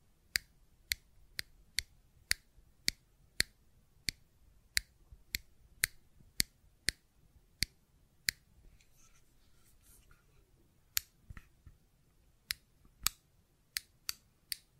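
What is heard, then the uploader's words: Sharp, dry clicks from a fidget cube repeat at a quick, fairly even pace, roughly two per second, with a brief pause around ten seconds. Each click is crisp and bright, over a faint low hum. ASMR Fidget Cube Tapping and Clicking Sounds (No Talking).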